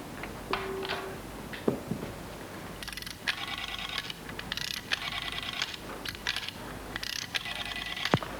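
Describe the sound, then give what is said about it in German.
Mechanical ticking and rapid ratchet-like clicking from inside a wall arrive in repeated bursts, a few sparse clicks at first, then steady clustered runs of sharp, bright ticks at moderate volume with no voices. “Komisches Geräusch in der Wand. Tickt immer noch.”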